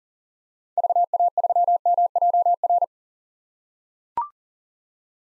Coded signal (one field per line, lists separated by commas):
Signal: Morse code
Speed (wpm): 37 wpm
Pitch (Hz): 700 Hz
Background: none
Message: VA3MJR